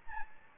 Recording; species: mosquito wingbeat signal from an infrared sensor; Aedes albopictus